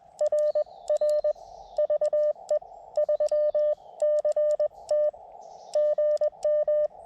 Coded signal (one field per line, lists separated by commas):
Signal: Morse code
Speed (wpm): 21 wpm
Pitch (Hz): 590 Hz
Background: none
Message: RR VE3CT GM